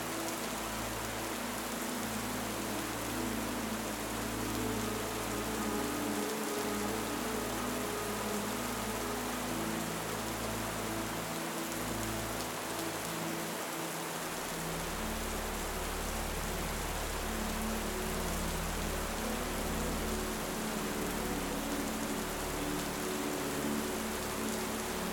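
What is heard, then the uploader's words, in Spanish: Steady, dense rain hisses evenly throughout, unbroken. Beneath it, soft relaxing music holds long low sustained tones, with the deep bass shifting to a new, fuller chord around the fourteen-second mark and continuing calmly to the end. MÚSICA Relajante y Suave Sonido de LLUVIA. La música relajante se entrelaza con el suave sonido de la lluvia.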